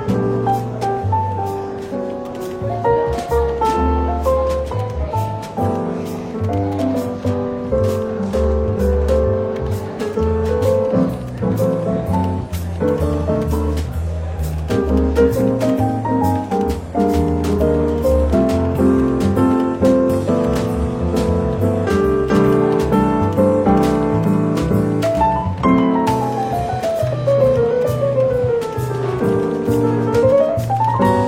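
A London bookshop café with soft, easy jazz playing throughout, its bass line and piano chords steady and continuous. Frequent small clicks and knocks, like cups and cutlery, punctuate the music, while a faint murmur of voices sits underneath. Near the end, a descending melodic run stands out.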